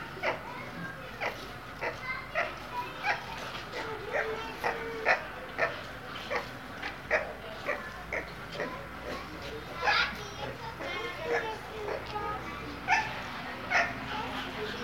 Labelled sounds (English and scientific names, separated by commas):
Siamang (Symphalangus syndactylus)